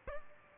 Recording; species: mosquito wingbeat signal from an infrared sensor; Aedes albopictus